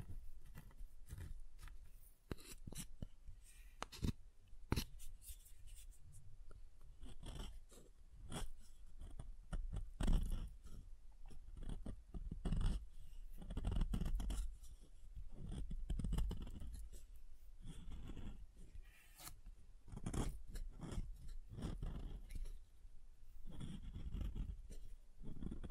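Soft and hard soap being tapped and carved, with a steady run of sharp clicks and scraping cuts throughout. The taps come irregularly but densely, some crisp and bright, others dull and low, with brief quieter gaps between bursts.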